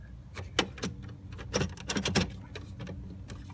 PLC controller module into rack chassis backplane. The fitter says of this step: kind of have to wiggle it a little bit give it a push until it clicks there